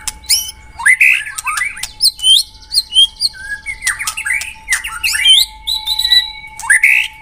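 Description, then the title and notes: White-rumped shama song: varied bursts of rising whistles and harsh squawky notes, quick phrases changing constantly, over a faint steady hum. Lure sound. "Pikat Murai Batu Durasi Panjang. Burung Murai Batu"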